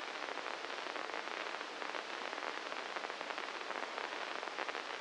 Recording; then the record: brain microelectrode recording played as sound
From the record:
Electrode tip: inside the subthalamic nucleus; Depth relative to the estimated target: 0 mm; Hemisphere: left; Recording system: NeuroSet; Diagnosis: Parkinson's disease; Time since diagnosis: 9 years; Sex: male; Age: 56 years